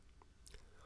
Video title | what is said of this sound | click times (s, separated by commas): Ferno - Training - Immobilization Solutions | lock the mandible support by pushing the cam lock lever up flat against the adjustment post until the lock snaps into place | 0.5 s